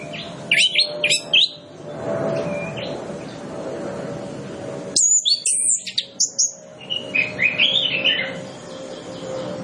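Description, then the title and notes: Orange-headed Thrush singing short clusters of sharp chirps over a steady noisy background, then a quick sequence of varied high notes and warbles. Lure track for Orange-headed Thrush, full of fill-in phrases, meant to prompt birds to sing fully and quickly. "Masteran Anis Kembang Full Isian Untuk Suara Pancingan Anis Kembang Agar Cepat Ngeplong. Suara Burung Anis Kembang"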